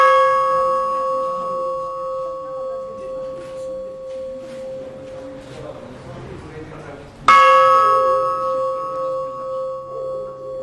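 A large church bell is struck twice, several seconds apart. Each loud stroke leaves a long, humming ring with bright metallic overtones that slowly fades.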